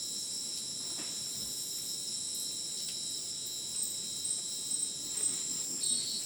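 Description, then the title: Cricket chorus, a continuous shrill layered trill, with a few louder bursts near the end. Dense insect chorus sounding like a polyrhythmic electronic concert, after sunset in dense rainforest, Madidi National Park, Ucumari, Bolivia; AT BP4029 microphone, MixPre 6 recorder. "Madidi National Park, Ucumari, Bolivia - Supersonic Crickets in the rainforest"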